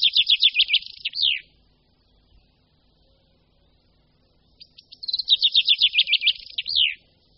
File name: Pěnkava obecná